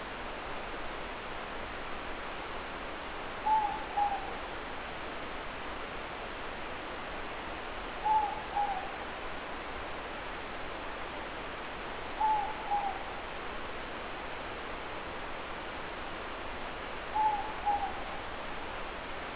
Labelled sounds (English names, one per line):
Morepork more-pork call